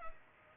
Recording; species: mosquito wingbeat signal from an infrared sensor; Culex pipiens